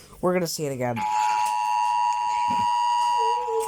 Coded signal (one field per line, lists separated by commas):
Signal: Emergency Alert System (SAME) tones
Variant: 853 and 960 Hz attention tone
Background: speech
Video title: Rating EAS Alarms And Amber Alerts Part 1